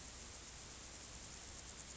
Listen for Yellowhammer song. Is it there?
no